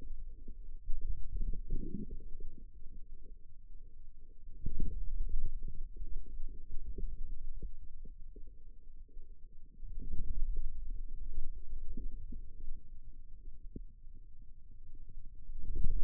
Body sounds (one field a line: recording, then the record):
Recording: forearm muscle sounds (acoustic myography)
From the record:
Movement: outward rotation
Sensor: system 2, bracelet of six BSWA MPA416 microphones around the upper forearm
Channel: 5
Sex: male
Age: 22 years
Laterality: right